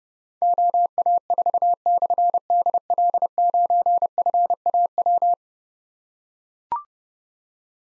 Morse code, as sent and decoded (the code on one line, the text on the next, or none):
--- .- ....- -..-. -.. .-.. ----. ..-. .- .--
OA4/DL9FAW